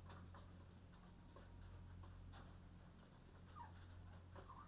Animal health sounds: poultry house recording; healthy chickens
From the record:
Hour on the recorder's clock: 23

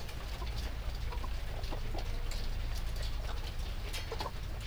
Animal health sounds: poultry house recording; sick chickens (respiratory disease)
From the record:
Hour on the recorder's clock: 1

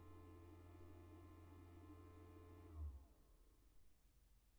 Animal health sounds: poultry house recording; no chicken sound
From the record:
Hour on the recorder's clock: 14

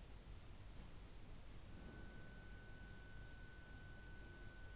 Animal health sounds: poultry house recording; no chicken sound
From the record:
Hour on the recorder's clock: 11

